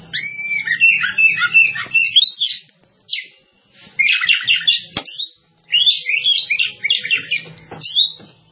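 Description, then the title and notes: Bird song, a fast tumbling run of bright whistled and chirping notes in several bursts with short pauses, over a faint low hum. "Bird Sound. Kicau Burung Lengkap"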